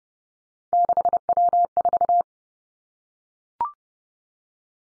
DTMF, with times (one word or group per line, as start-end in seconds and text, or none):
none